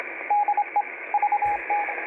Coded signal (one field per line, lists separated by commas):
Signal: Morse code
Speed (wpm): 25 wpm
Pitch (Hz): 830 Hz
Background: radio noise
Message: DE VT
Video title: QSO with Steve VK6IR on 20m Short Path 12/06/23 at 7:27UTC via a my remote station using an IC706